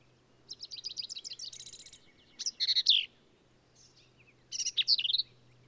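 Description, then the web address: Black-capped vireo delivering a quick trill of repeated notes followed by two harsh, squeaky, varied phrases. "birdsongforthecurious Black-capped Vireo"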